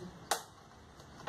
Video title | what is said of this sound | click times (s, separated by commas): Ventilador MONDIAL NV 15 6P de 30 Cm (UNBOXING) | aqui não encaixou direito. | 0.3 s